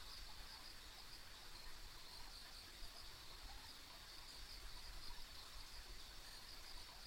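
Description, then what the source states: Insect chorus: a continuous high-pitched trill over a low, steady rumble. Ambient insect sounds on a rural country road.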